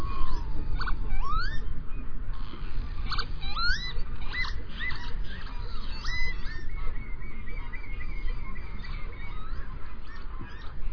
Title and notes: Lyden av en vipe by forskningno